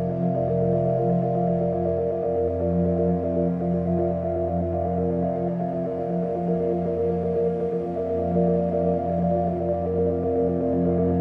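A soft upright piano plays held, overlapping chords that ring into one another, sitting mostly in the low and middle range with little brightness on top. The level stays even for the whole stretch, with gentle note changes and no sharp attacks.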